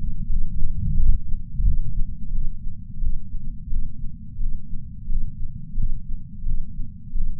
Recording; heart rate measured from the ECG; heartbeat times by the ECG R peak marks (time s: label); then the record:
heart sounds by patch sensor on the chest; 88 bpm
0.30 s: heartbeat
0.98 s: heartbeat
1.65 s: heartbeat
2.33 s: heartbeat
3.02 s: heartbeat
3.71 s: heartbeat
4.40 s: heartbeat
5.10 s: heartbeat
5.78 s: heartbeat
6.46 s: heartbeat
7.15 s: heartbeat
From the record:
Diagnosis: coronary artery disease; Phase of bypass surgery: preoperative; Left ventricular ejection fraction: 64.4%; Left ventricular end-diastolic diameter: 43 mm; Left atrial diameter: 35 mm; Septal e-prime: 6.9 cm/s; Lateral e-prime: 11.4 cm/s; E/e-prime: 9.7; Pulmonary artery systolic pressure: 22 mmHg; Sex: female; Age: 58 years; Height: 155 cm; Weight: 55 kg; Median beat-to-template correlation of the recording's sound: 0.95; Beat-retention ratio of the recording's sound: 0.99